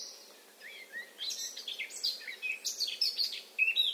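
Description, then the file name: Eurasian blackcap song, a rapid scratchy warble of varied high chirps and twitters that builds in loudness and ends with a few clearer whistled notes. "Sylvia atricapilla"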